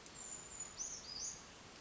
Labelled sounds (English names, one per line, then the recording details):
Brown Creeper
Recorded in Sonoma County, California